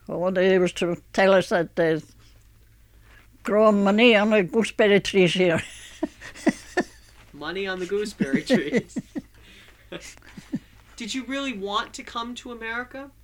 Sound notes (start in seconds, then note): 5.5 she laughs; 7.6 he laughs